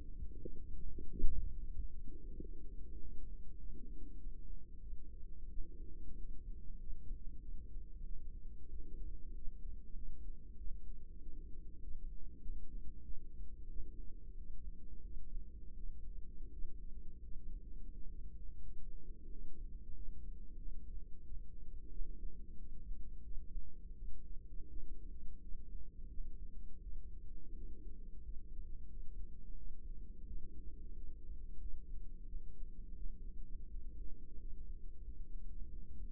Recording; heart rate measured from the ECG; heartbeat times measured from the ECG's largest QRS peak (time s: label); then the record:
heart sounds by microphone in the right ear; 90 bpm
0.39 s: heartbeat
1.08 s: heartbeat
1.74 s: heartbeat
2.38 s: heartbeat
2.98 s: heartbeat
3.56 s: heartbeat
4.16 s: heartbeat
4.80 s: heartbeat
5.48 s: heartbeat
6.14 s: heartbeat
6.77 s: heartbeat
7.39 s: heartbeat
8.02 s: heartbeat
8.68 s: heartbeat
9.32 s: heartbeat
9.92 s: heartbeat
10.55 s: heartbeat
11.17 s: heartbeat
11.79 s: heartbeat
12.39 s: heartbeat
13.01 s: heartbeat
13.67 s: heartbeat
14.35 s: heartbeat
15.01 s: heartbeat
15.73 s: heartbeat
16.49 s: heartbeat
17.20 s: heartbeat
17.90 s: heartbeat
18.61 s: heartbeat
19.28 s: heartbeat
19.92 s: heartbeat
20.56 s: heartbeat
21.21 s: heartbeat
21.89 s: heartbeat
22.56 s: heartbeat
23.21 s: heartbeat
23.92 s: heartbeat
24.67 s: heartbeat
25.39 s: heartbeat
26.08 s: heartbeat
26.80 s: heartbeat
27.53 s: heartbeat
28.21 s: heartbeat
28.87 s: heartbeat
29.55 s: heartbeat
30.25 s: heartbeat
30.93 s: heartbeat
31.57 s: heartbeat
32.24 s: heartbeat
32.94 s: heartbeat
33.66 s: heartbeat
34.36 s: heartbeat
35.01 s: heartbeat
35.67 s: heartbeat
From the record:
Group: healthy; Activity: rest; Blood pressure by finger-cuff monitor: 118/67 mmHg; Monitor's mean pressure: 86 mmHg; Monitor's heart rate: 88 bpm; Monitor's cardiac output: 7.8 L/min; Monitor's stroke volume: 88 mL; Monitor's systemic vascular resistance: 800 dyn s/cm5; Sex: female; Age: 24 years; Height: 163 cm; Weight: 55.7 kg